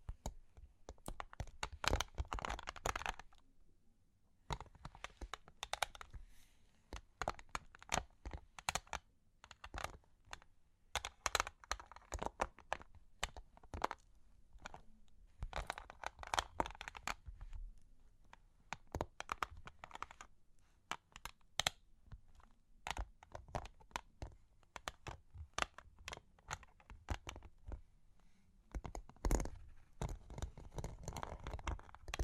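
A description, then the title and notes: Long claws tap and scratch in irregular bursts of sharp clicks, with a brief quiet stretch near four seconds and dense flurries throughout. Long Claws Tapping and Scratching (No Talking).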